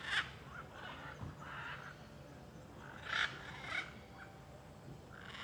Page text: Rua em Alto Paraiso com muitas araras cantando e carros passando. Arara-canindé - Coleção Sonora do Cerrado